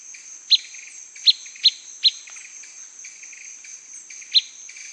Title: LuckyPassaro Completos2Sama. Blackish Pewee (Contopus nigrescens canescens (ssp assumed from location))